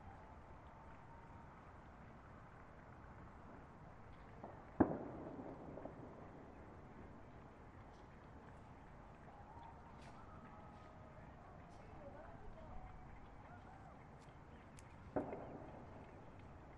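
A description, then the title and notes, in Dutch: Outdoors from a back balcony in Hilversum Noord, a steady low rumble fills the background. Two sharp bangs stand out, one near five seconds and another around fifteen, each ringing briefly. Faint voices and small clicks drift in between. Dit is mijn achterbalcon in Hilversum Noord. Het centrum van Hilversum ligt hier vandaan op 2,5 kilometer.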